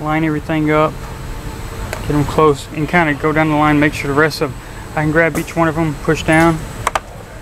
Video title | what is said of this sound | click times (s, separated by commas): Ram Truck Code: P1D73 AGS (Active Grill Shutter) performance | I heard the double snap. That was that one snapping in place and that one, and I go back and recheck the | 6.9 s, 7.0 s